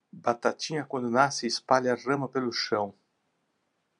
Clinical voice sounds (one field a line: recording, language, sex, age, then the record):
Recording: short text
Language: Brazilian Portuguese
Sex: male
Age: 60 to 69 years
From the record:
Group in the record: control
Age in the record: 62 years